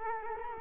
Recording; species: mosquito wingbeat signal from an infrared sensor; Culex quinquefasciatus